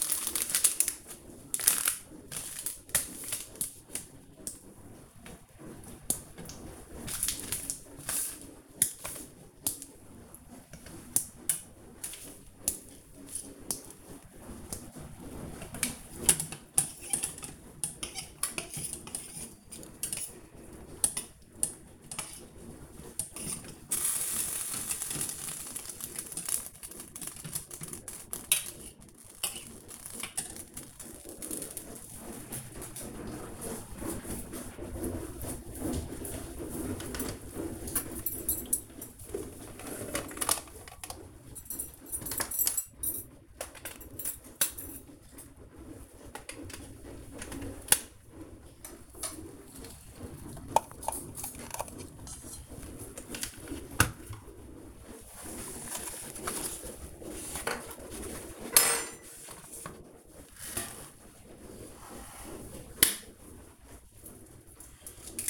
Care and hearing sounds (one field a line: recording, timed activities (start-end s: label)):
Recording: household activities, microphone on the right wrist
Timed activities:
0.00-65.50 s: baking